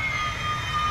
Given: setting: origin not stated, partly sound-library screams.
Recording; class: one-second piece from a danger detection set; woman in danger